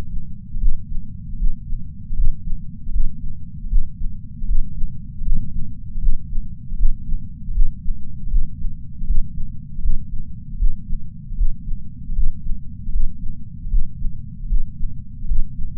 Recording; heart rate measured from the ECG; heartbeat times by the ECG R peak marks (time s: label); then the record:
heart sounds by patch sensor on the chest; 78 bpm
0.59 s: heartbeat
1.34 s: heartbeat
2.12 s: heartbeat
2.88 s: heartbeat
3.66 s: heartbeat
4.43 s: heartbeat
5.20 s: heartbeat
5.97 s: heartbeat
6.73 s: heartbeat
7.50 s: heartbeat
8.26 s: heartbeat
9.02 s: heartbeat
9.78 s: heartbeat
10.54 s: heartbeat
11.33 s: heartbeat
12.11 s: heartbeat
12.88 s: heartbeat
13.66 s: heartbeat
14.45 s: heartbeat
15.23 s: heartbeat
From the record:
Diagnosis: coronary artery disease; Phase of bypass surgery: intraoperative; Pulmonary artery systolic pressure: 21 mmHg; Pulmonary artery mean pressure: 15 mmHg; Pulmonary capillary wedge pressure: 10 mmHg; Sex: male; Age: 65 years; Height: 170 cm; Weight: 65 kg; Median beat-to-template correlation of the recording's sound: 0.94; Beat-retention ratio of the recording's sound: 0.99